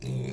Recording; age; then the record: pig call; weaner (32 to 43 days)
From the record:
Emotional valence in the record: negative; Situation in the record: short isolation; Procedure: open field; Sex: female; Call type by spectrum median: low-frequency call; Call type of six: low-frequency stable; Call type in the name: low-frequency stable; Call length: 0.33 s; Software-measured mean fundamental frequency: 64 Hz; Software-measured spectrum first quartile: 132 Hz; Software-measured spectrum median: 221 Hz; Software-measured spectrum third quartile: 742 Hz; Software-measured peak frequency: 124 Hz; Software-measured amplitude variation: 100 dB a second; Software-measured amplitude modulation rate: 30.6 a second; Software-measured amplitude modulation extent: 3.3 dB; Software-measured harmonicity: 3.5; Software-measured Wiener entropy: -1.05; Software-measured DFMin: 1481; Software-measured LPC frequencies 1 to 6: 2401, 3923, 4736, 5619, 6311, 7485 Hz